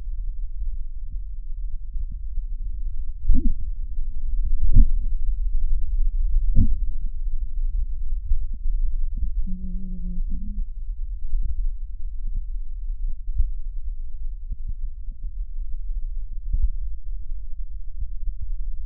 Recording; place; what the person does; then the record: lung sounds by stethoscope; left posterior basal chest; quiet breathing, then cough and speech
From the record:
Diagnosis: asthma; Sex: female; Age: 74 years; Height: 155 cm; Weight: 63 kg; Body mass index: 26.2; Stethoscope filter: bell mode